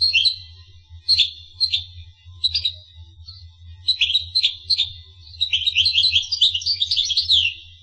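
Finch giving short, spaced chirps, building into a rapid twittering trill at the end, over a low background hum.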